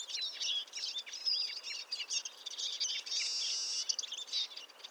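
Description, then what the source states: Eurasian Siskin flock babble, busy high twitters and chirps overlapping, with a drawn-out buzzy note a little after three seconds. Barely audible babble of a flock; morning, February 2020; Montagne du Puy, Drôme, 1500 m altitude; mixed conifer and oak forest; Nagra Seven and Telinga Pro7 stereo.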